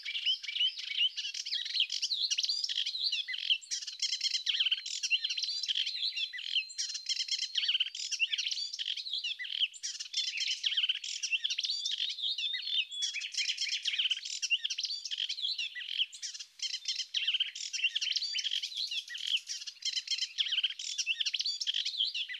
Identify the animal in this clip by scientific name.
Hippolais polyglotta